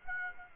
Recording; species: mosquito wingbeat signal from an infrared sensor; Aedes aegypti